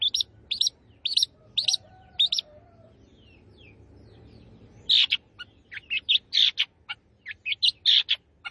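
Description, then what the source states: Long-tailed shrike song: five harsh, scratchy high notes at an even pace, a short pause, then a quicker run of varied buzzy and chattering notes. Singing lively, described in Indonesian as gacor.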